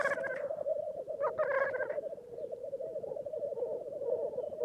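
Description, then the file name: Black grouse bubbling and rookooing continuously, with a short hiss at the start and another rough hissing burst about a second later. "Digiffects Sound Effects Library - Black Grouse Bird Version 1"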